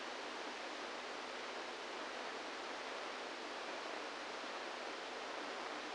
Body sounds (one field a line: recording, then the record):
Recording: brain microelectrode recording played as sound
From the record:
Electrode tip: inside the subthalamic nucleus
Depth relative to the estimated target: -2 mm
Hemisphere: right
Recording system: NeuroSet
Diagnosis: Parkinson's disease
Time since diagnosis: 27 years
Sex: male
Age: 62 years